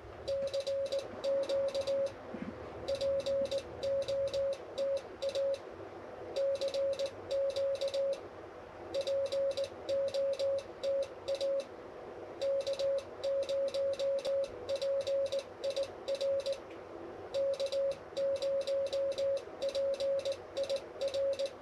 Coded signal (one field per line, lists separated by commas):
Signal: Morse code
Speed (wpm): 19 wpm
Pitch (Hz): 550 Hz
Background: none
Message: CQ POTA CQ POTA K0PIR K0PIR